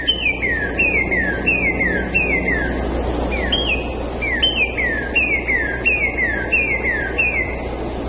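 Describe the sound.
Northern cardinal song: loud, clear down-slurred whistles given in quick repeated runs, over a constant background hiss.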